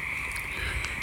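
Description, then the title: Frogs chorusing, a steady dense trill holding one pitch throughout. Pond at Knickerbocker, frogs back in full force, pond somewhat low, frog eggs and tadpoles present. "The Frogs of Knickerbocker"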